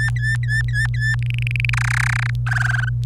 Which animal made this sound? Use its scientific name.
Serinus canaria